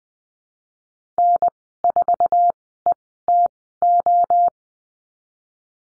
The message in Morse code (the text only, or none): N4ETO